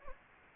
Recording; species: mosquito wingbeat signal from an infrared sensor; Anopheles gambiae